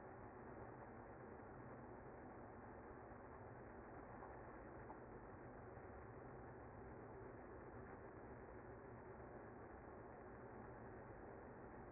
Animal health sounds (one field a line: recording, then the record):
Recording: honeybee colony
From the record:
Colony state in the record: active